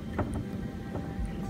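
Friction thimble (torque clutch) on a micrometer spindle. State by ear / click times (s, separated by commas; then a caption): not seated / none. The metal friction thimble of a Mitutoyo digital micrometer is turned against the spindle stop to apply measuring force, and it simply slips instead of giving a positive ratchet click. Only faint soft scraping ticks sit over a low steady rumble, with the strongest near 0.2 s. Nothing clicks or latches.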